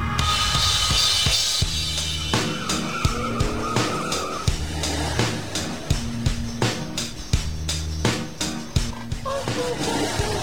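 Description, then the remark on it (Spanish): A convertible car's tires skid and squeal at night in long, loud screeching stretches while the engine roars, with sharp rhythmic thumps punctuating the sound throughout. “Qué linda noche para andar así en el auto. Mirá lo que hago, mirá.”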